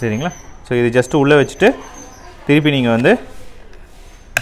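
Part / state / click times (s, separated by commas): dust filter cover into projector body / seated / 4.4 s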